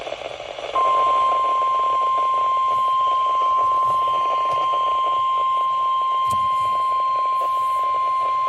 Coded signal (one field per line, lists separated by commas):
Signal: Emergency Alert System (SAME) tones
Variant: 1050 Hz attention tone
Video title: Mid-Week Mayhem Pt. 3 - EAS Alerts from 7/18/24 || EAS 1,342-1,354